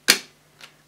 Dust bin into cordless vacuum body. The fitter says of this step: once you've got that in place simply push it until it clicks